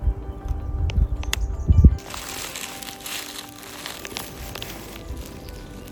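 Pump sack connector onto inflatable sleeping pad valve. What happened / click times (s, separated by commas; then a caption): The connector clicked onto the valve / 1.3 s. A pump sack's connector is pushed onto the inflation valve of a Therm-A-Rest NeoAir XTherm NXT ultralight sleeping pad, with low handling and rustling noises before a sharp click at 1.3 s shows it has seated. Quieter rustling and a few small ticks follow.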